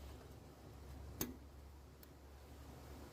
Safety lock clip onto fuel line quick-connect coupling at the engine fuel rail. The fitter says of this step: Safety Lock also just snaps right on